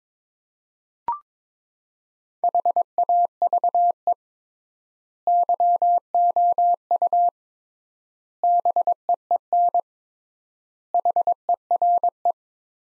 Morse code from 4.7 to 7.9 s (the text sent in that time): YOU